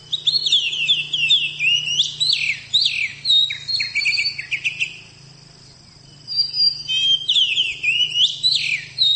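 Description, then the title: Oriental magpie-robin pouring out varied whistles and rapid trills, then falling silent for a couple of seconds before bursting back into bright, slurred phrases. Champion-class songbird. "Kicau Burung Kacer Juara. Suara Kacer"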